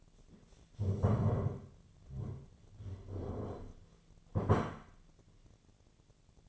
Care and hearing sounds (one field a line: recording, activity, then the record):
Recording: daily activity, microphone in the room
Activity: stand up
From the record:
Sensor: 4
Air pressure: 1008.9 hPa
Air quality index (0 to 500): 170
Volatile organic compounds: 5 ppm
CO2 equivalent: 1715 ppm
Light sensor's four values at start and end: 23/73/28/27 and 23/73/28/27